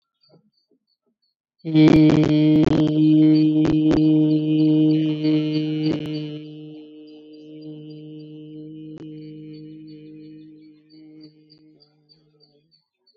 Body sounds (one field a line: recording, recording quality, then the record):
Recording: sustained vowel as in beet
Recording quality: moderate, slight background noise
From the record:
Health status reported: COVID-19 positive, mild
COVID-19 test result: positive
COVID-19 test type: rapid antigen test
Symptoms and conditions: cough, cold, sore throat, diabetes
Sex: female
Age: 60 years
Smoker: no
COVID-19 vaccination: both doses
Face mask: not worn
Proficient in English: yes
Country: India